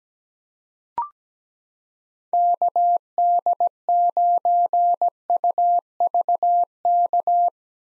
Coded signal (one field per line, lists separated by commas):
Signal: Morse code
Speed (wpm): 17 wpm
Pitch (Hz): 700 Hz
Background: none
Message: KD9UVK